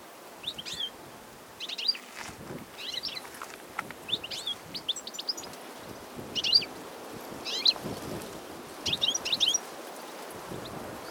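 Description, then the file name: European goldfinch calls: short tinkling, liquid twittering bursts repeated at short intervals, over a low background rumble. "chardonneret elegant - carduelis carduelis"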